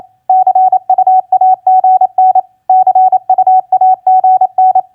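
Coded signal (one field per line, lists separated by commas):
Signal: Morse code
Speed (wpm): 28 wpm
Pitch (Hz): 750 Hz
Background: none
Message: CUAGN CUAGN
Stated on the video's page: Morse practice of common QSO elements (TU, FB, CUAGN) at 28 wpm.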